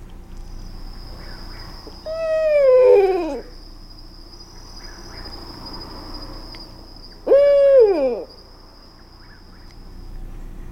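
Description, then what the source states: Barred Owl hoots: two descending 'you-all' calls, the first longer and wavering as it drags downward, the second shorter and cut off abruptly, with a faint steady high tone behind. 'You-all' hoot by the female first, higher pitched with more vibrato and dragging on, then by the male, lower pitched and stopping short.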